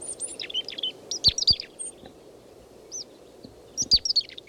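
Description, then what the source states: Chickadee giving high, thin calls in several bursts of sharp notes, over soft background noise. A chickadee foraging with no others seen nearby, giving three calls; 10:20.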